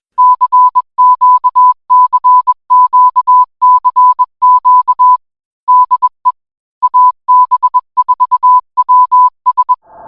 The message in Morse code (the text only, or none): CQ CQ CQ DE AB4WS